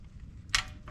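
On the second attempt, a preset torque wrench tightening the oil pan drain bolt on a 2019 Honda Insight reaches its setting and gives a sharp, not very loud click at 0.6 seconds. A fainter tick follows near 0.9 seconds over a low background hum, and the click confirms the bolt is torqued to spec.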